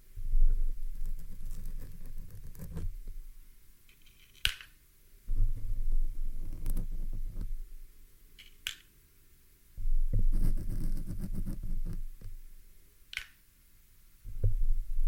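Pin plucked from a microphone gives low rumbling handling bursts, broken by sharp bright clicks near 4.5, 8.5, 10 and 13 seconds.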